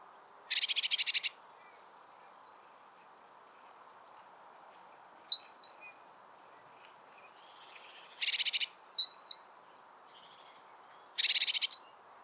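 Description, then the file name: Eurasian blue tit with three scolding rattle bursts and short groups of thin, high, downslurred notes in between. "Cyanistes caeruleus"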